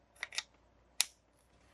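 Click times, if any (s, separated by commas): 1.0 s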